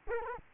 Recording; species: mosquito wingbeat signal from an infrared sensor; Culex quinquefasciatus